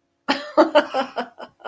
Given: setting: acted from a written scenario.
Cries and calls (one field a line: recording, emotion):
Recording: vocal sound without words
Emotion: amusement